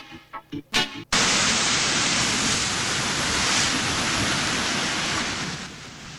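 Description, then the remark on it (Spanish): A few brief choppy bursts give way to a steady, dense roar of sea surf washing on a beach shore, a broad hissing wash that holds fairly even in loudness with gentle swells. “Nos vamos a ir a la playa ahora corriendo a la orillita del mar para ambientarlo un poco.”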